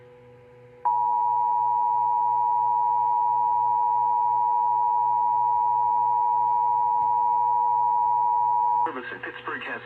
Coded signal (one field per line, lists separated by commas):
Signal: Emergency Alert System (SAME) tones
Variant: 853 and 960 Hz attention tone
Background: speech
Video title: EAS 7957-7972 EAS Alerts from 5/15/2025-5/17/2025 Pt. 3/3